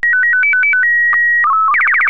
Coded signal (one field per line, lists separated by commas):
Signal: SSTV (slow-scan television)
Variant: Robot BW 8